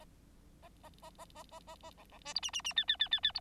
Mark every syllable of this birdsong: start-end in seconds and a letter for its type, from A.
0.62-0.69 A, 0.83-0.89 A, 1.02-1.10 A, 1.18-1.25 A, 1.35-1.43 A, 1.51-1.60 A, 1.67-1.76 A, 1.82-1.91 A, 1.97-2.04 B, 2.11-2.19 B, 2.25-2.34 C, 2.35-2.40 D, 2.42-2.51 E, 2.53-2.62 E, 2.64-2.73 E, 2.76-2.85 F, 2.88-2.97 F, 2.99-3.08 F, 3.11-3.20 F, 3.23-3.32 F, 3.34-3.40 D